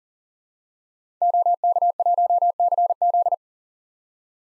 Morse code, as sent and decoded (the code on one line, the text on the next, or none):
--- -.- .---- -.-. --..
OK1CZ